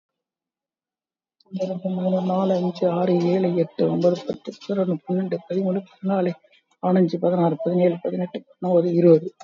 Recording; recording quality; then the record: counting at a normal pace; excellent, no background noise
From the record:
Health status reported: COVID-19 positive, moderate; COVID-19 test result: positive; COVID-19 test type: RT-PCR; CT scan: taken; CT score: 6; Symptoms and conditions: cough, cold, fever, muscle pain, loss of smell and taste, diarrhoea, hypertension, diabetes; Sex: male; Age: 67 years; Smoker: no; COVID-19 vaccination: none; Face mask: worn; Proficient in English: yes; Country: India